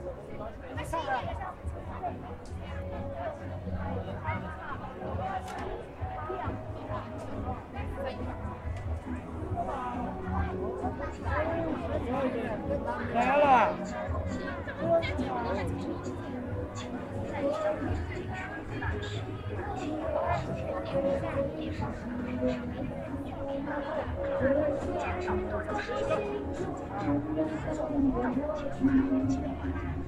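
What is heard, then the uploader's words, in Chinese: A crowd talks at Hongyadong in Chongqing, many voices overlapping into a steady, dense babble for the whole half minute. A few voices rise above the rest now and then, with a brief louder burst around the thirteen-second mark, over a constant low rumble. 重庆洪崖洞。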